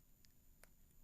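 A small metal protective grille is twisted off a small microphone capsule body before the microphone is rinsed in demineralized water. Two faint, sharp clicks sound at about 0.3 s and 0.6 s against a quiet background hiss. The grille releases and comes off.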